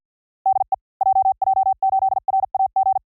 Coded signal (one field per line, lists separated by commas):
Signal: Morse code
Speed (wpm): 50 wpm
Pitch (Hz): 770 Hz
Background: none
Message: DE JJ8RAG